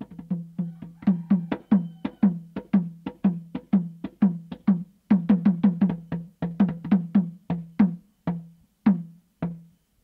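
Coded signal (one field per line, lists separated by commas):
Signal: talking drum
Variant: Saramaka apinti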